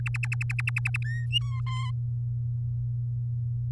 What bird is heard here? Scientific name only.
Serinus canaria